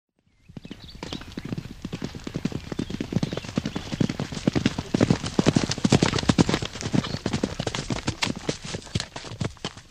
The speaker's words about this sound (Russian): Топот копыт умолк, и наконечник копья едва заметно коснулся кольчуги на груди, как раз напротив сердца.